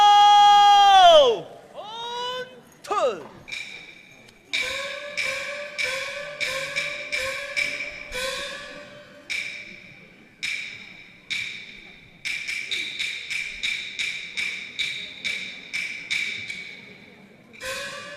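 A rapid series of sharp, ringing knocks on a door, loud and rhythmic, coming in uneven bursts after a brief sliding vocal cry at the start; a cart driver calling at a house door in a 2018 Beijing opera and folk-art performance.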